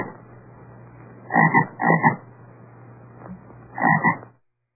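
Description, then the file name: American bullfrog giving deep, resonant croaks: two double-pulsed croaks close together, a pause, then a third, over a low steady hum. "bullfrog"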